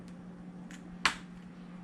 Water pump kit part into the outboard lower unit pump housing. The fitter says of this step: snaps right in and you want this lug facing forward